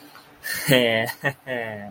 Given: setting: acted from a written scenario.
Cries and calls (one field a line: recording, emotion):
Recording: vocal sound without words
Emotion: pride